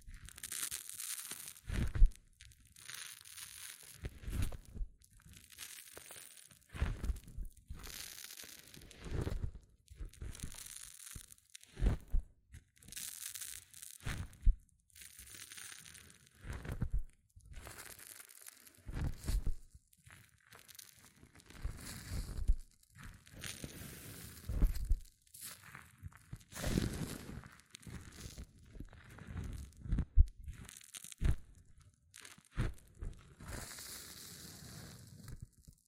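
Hair mousse fizzes and crackles in bursts, a dense crinkly hiss with a bright sizzling edge. Soft squishing and crunching handling sounds come every second or two, with short quiet gaps between, continuing unevenly for the whole stretch.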